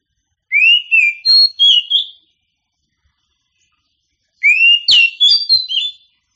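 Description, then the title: Oriental magpie-robin giving two rich song phrases about four seconds apart, each opening with a rising whistle and running into quick sweet and scratchy notes. Singing champion bird. "Kicau Burung Kacer Juara"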